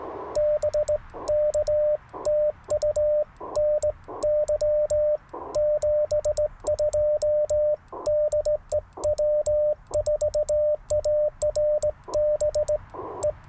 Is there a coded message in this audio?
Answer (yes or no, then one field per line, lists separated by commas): yes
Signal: Morse code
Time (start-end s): 0.4-13.3 s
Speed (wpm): 18 wpm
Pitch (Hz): 600 Hz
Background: radio noise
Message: BK TU NY 72 DE W4ARB E